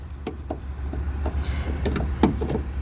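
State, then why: Seated. After the truck hood is closed, its metal side hold-down latch (a rubber-strap or hook style latch) is fastened over a steady low hum. Several knocks come at about 1.9 s and 2.0 s, and a sharpest, loudest hit at 2.2 s marks the latch engaging. The latch is confirmed on.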